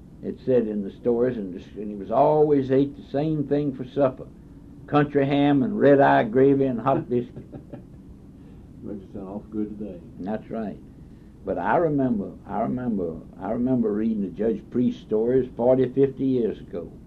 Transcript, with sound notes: it said in the stories, and it was, and he was always ate the same thing for supper, country ham and red eye gravy and hot biscuit. [laughs]
Which would sound awful good today.
That’s right. But I remember, I remember, I remember reading the Judge Priest stories forty, fifty years ago.